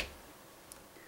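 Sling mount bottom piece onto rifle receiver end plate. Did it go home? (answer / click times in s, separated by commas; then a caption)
no / none. The metal lower half of a Tactical Link Z-360 Gen2 sling mount is brought up from below onto an AR-15 receiver end plate, with its oval boss lining up with the end plate recess. Over a quiet background, a single faint, light tick is heard at about 0.7 s. Nothing has seated or clicked into place yet.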